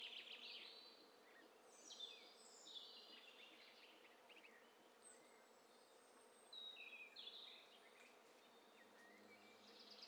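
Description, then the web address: Several birds chirping at once, with scattered high whistles and sweeping notes coming and going between quieter stretches, and a low background hiss. Mixture of several birds recorded in stereo as a test set for a bird cocktail party challenge. "Hi Fi STEREO BIRD COCKTAIL PARTY Challenge SBCP TESTSET HDBird Cocktail Party"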